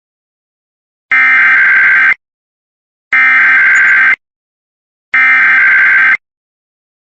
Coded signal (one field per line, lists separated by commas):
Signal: Emergency Alert System (SAME) tones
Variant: header bursts